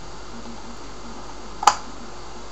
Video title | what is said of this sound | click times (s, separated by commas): MONTER SON PC. carte mère HP. | clips aussi voilà | 1.7 s